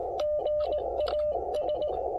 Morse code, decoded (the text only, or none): GA S